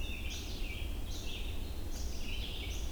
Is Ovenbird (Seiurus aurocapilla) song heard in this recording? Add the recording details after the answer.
no. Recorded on 22 June 2016 at 08:56. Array SBT-6-76